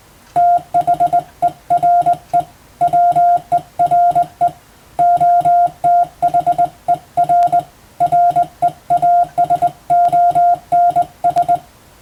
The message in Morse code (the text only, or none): THERE WERE OTHER REASONS